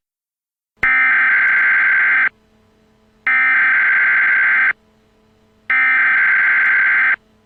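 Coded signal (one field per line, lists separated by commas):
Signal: Emergency Alert System (SAME) tones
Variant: header bursts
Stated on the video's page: Fictional EAS Emergency Action Notification about a China invasion.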